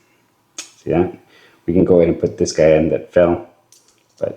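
During reassembly of a Leatherman Free T4 multitool, a folding tool is pressed home into the handle and snaps against the magnet that holds it in place, giving a sharp click at 0.6 s. Someone talks before and after the click, and the tool is seated.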